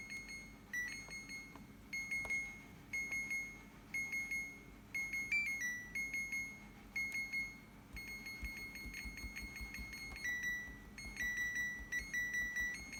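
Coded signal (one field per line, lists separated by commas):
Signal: alarm pattern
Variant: refrigerator alarm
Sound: continuous run of high electronic beeps near 2 kHz, slightly shifting pitch, clicking between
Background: low room rumble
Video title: Can someone please help and switch the fridge beeping noise off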